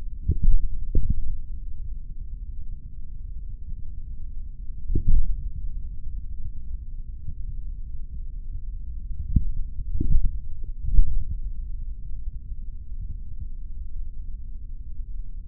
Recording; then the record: forearm muscle sounds (acoustic myography)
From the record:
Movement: tripod grip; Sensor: system 3, bracelet of six PUI Audio POM-2738L microphones around the upper forearm, with dedicated amplification and filtering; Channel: 5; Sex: male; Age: 26 years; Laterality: right